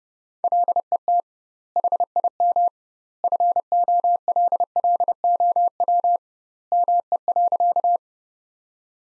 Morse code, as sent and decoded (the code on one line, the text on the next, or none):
.-.. . - / .... .. -- / ..-. --- .-.. .-.. --- .-- / -- . .-.-.-
LET HIM FOLLOW ME.